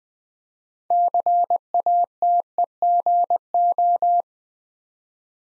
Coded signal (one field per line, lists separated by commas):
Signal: Morse code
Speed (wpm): 20 wpm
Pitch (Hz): 700 Hz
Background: none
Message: CATEGO